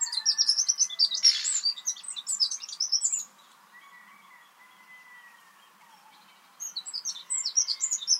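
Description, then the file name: Eurasian wren song: rapid high trills and twittering notes, pausing midway before resuming. "Troglodytes troglodytes"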